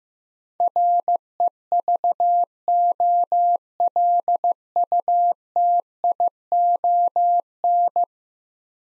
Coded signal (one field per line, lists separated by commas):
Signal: Morse code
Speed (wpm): 15 wpm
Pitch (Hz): 700 Hz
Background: none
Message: REVOLUTION